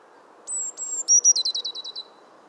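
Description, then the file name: Eurasian blue tit song: a few thin, very high drawn-out notes followed by a quick trill of several lower notes, given once. "Cyanistes caeruleus"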